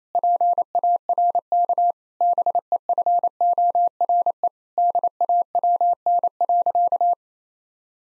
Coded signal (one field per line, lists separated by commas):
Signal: Morse code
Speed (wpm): 28 wpm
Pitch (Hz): 700 Hz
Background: none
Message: PARK BEFORE DAWN.